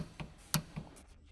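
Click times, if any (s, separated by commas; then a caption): 0.5 s. A click-type torque wrench, set to the required torque, tightens a bolt on a Ford F-150 Raptor pickup truck through a socket. Two softer ticks at about 0.2 s and 0.8 s surround one sharp, bright click at 0.5 s. That click is the wrench reaching its set torque.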